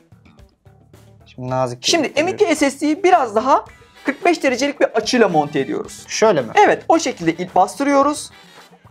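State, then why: Not seated. An M.2 SSD is held at about 45 degrees to a motherboard M.2 slot and pressed in, with a few faint handling ticks in the first second. Someone talks over music for most of the clip. Nothing has seated or clicked yet when it ends.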